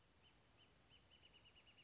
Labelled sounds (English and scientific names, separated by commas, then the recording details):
Wrentit (Chamaea fasciata)
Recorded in Sonoma County, California